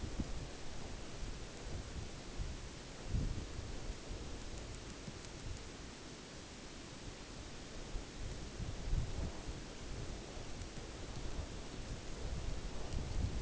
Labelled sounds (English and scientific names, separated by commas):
none